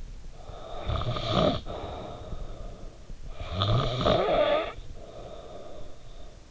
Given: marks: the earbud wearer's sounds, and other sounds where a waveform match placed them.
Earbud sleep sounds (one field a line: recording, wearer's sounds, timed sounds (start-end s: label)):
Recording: sounds in sleep by an in-ear microphone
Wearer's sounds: snoring breath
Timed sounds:
0.06-6.46 s: snoring breath